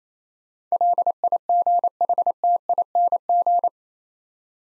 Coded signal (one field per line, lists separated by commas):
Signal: Morse code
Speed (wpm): 28 wpm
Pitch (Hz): 700 Hz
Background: none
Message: LIGHTING